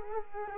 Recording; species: mosquito wingbeat signal from an infrared sensor; Culex quinquefasciatus